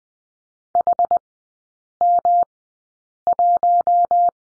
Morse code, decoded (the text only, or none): HM1